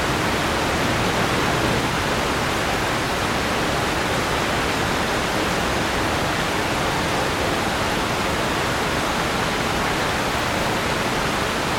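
Heavy rain pours down in a dense, unbroken hiss that holds at the same level from start to finish. The sound is full, spread from a low rumble up to a bright wash, with no individual drops or other noises standing out.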